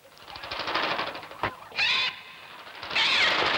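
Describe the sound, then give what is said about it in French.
A sparrow chirps on its own: a rapid buzzy trill of repeated notes, then two bursts of high, bright twittering calls at moderate loudness. “C'est un moineau, tout simplement.”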